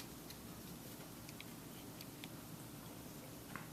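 The metal knife blade, three inches long, is being handled on a black Leatherman Fuse multi-tool as it is swung out toward its liner lock in the handle. Faint small ticks and light handling noise come over a steady low background, with brief sharp ticks near 2.2 s and 3.6 s. The blade has not locked open yet; nothing has seated or clicked.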